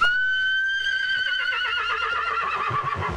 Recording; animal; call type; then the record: contact call of a hoofed animal; horse; whinny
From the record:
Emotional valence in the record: negative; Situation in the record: separation from one group member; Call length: 3.2 s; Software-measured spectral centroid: 2040 Hz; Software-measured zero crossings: 3150 a second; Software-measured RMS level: -24 dBFS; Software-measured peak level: -10 dBFS